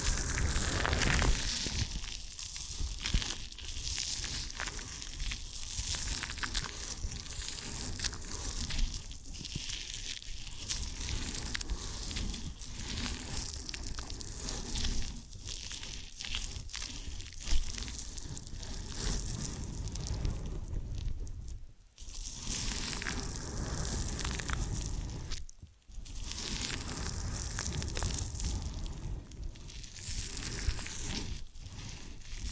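Ear and scalp massage sounds: dense, crackling rubbing and scratching that runs almost without a break, full and rough from low rumble to bright hiss. The texture shifts slightly as strokes change, with two brief pauses near 22 and 26 seconds.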